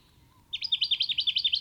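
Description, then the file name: Jacky winter starting a rapid chirping run of several sharp notes in quick succession, cut off as the series continues. "Microeca Fascinans"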